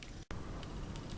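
A snap fastener is squeezed with snap pliers through Kraft-Tex paper fabric and a small reinforcing square on a wallet flap. After a brief near-silent gap, a sharp snap is heard at 0.3 s, followed by softer taps over steady background hiss. The snap is seated in place.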